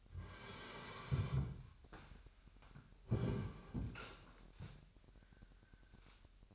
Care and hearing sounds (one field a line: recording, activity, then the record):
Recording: daily activity, microphone in the room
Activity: sit down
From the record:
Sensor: 2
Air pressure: 998.4 hPa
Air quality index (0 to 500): 130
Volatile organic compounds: 3 ppm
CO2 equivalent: 1462 ppm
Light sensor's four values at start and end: 8/20/8/9 and 8/20/8/9